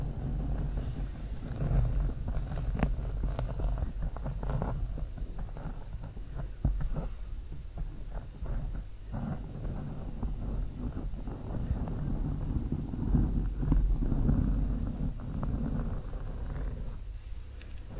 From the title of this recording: SLOW MIC SCRATCHING W LONG NAILS